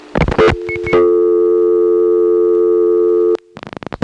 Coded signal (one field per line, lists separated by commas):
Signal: telephone call progress tone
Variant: North America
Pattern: dial tone